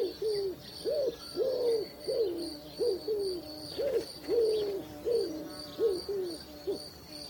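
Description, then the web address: Wood pigeon cooing in soft, hooted notes that swell and fall, repeated in quick irregular succession. "sons palombes"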